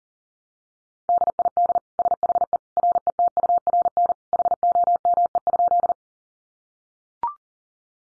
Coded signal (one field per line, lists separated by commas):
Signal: Morse code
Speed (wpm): 39 wpm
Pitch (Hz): 700 Hz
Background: none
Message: DID SHE RETURN HOME?